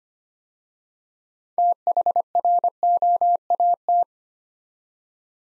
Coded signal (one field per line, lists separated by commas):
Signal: Morse code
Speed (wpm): 25 wpm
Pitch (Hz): 700 Hz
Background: none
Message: THROAT